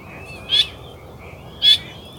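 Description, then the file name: Eurasian coot with two brief, sharp, high notes about a second apart against a quiet background. "Lyska"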